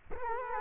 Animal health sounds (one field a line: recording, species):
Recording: mosquito wingbeat signal from an infrared sensor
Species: Culex quinquefasciatus